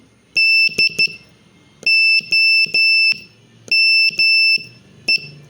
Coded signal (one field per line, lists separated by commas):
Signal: Morse code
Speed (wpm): 13 wpm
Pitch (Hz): 2650 Hz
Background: none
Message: DOME